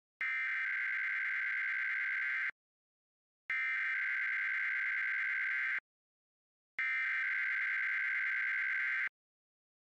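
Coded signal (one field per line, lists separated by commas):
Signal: Emergency Alert System (SAME) tones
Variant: header bursts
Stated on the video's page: National EAS test broadcast on a television station.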